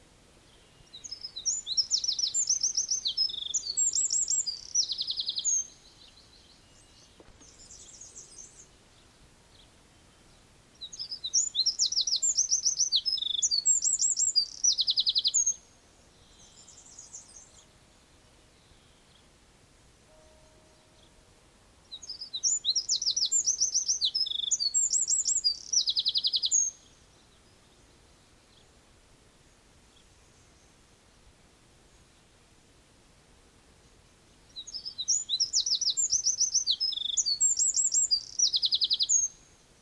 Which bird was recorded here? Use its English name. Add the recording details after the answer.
Eurasian Wren. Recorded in the wild. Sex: male. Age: adult. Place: Bielefeld-Gadderbaum, Teutoburger Wald, Nordrhein-Westfalen, DE. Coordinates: 52.0147, 8.51. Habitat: park. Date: 1967-06-04. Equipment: Uher 4000 Report-S, Bändchenmikro Beyer M 260, Parabolspiegel Polyester (470 mm). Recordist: Conrads, Klaus